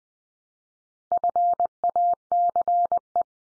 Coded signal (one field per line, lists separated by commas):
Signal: Morse code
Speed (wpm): 20 wpm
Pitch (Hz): 700 Hz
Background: none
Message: FACE